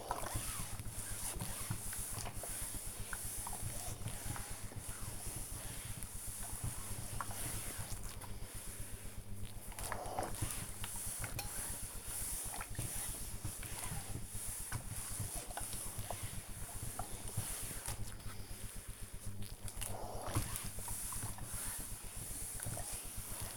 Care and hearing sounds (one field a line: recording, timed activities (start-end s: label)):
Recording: household activities, microphone on the right wrist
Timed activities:
0.00-23.57 s: ironing laundry